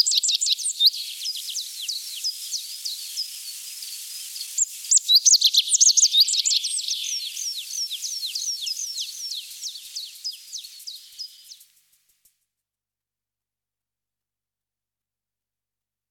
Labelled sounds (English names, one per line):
Rock Bunting song